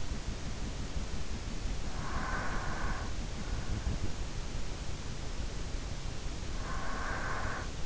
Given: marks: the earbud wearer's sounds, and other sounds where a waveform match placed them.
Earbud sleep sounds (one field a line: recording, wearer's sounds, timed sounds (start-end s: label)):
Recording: sounds in sleep by an in-ear microphone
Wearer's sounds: breath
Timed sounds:
1.95-3.49 s: breath
6.01-7.86 s: breath